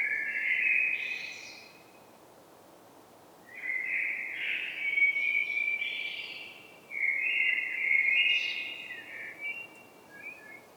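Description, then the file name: Common blackbird song: three loud, mellow warbled phrases with higher squeaky accents, separated by short pauses. "Turdus merula"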